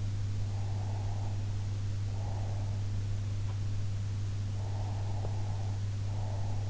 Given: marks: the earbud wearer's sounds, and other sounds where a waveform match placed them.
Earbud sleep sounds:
sounds in sleep by an in-ear microphone; breath
0.60-2.66 s: breath
4.63-6.63 s: breath

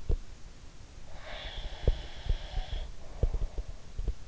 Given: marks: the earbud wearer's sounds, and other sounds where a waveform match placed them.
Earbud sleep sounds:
sounds in sleep by an in-ear microphone; breath
0.00-0.21 s: sound from someone else or the room
1.10-3.85 s: breath
1.36-4.14 s: sound from someone else or the room

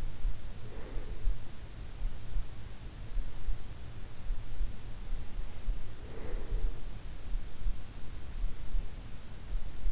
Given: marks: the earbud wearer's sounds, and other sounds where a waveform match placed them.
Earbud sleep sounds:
sounds in sleep by an in-ear microphone; breath
0.00-2.16 s: breath
5.36-7.37 s: breath

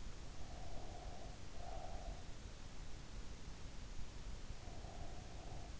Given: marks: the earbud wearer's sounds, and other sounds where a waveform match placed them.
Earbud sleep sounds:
sounds in sleep by an in-ear microphone; breath
0.43-2.32 s: breath
4.72-5.80 s: breath

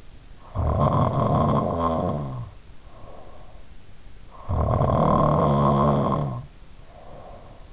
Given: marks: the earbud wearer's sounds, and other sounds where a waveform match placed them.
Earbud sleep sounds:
sounds in sleep by an in-ear microphone; snoring breath
0.36-3.44 s: snoring breath
4.19-7.73 s: snoring breath

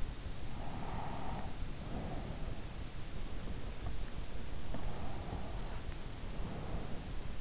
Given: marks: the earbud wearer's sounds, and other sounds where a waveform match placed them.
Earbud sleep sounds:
sounds in sleep by an in-ear microphone; breath
0.24-2.87 s: breath
4.54-7.41 s: breath

